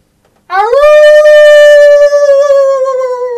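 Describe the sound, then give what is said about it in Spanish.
A person imitates a wolf howl with one long, loud, unbroken cry that swoops upward at the start, then holds a steady, rich, mid-pitched tone for about three seconds. “A ver, ¿y el pinche aulla o no? Un aullido puede ser.”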